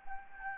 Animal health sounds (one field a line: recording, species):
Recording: mosquito wingbeat signal from an infrared sensor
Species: Anopheles gambiae